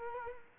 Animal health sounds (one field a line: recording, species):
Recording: mosquito wingbeat signal from an infrared sensor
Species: Culex quinquefasciatus